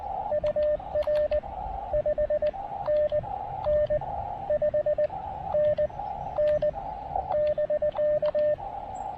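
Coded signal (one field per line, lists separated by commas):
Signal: Morse code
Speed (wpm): 19 wpm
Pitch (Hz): 590 Hz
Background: radio noise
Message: UR 5NN 5NN <BK>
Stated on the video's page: Park activation with an Elecraft KX2 into a 9:1 random wire antenna, partly on 20 meters.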